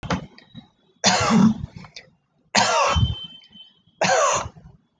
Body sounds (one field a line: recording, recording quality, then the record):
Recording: heavy voluntary cough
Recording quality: excellent, no background noise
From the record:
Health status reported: healthy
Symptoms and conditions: none ticked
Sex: male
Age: 20 years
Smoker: not ticked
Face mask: worn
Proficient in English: yes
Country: India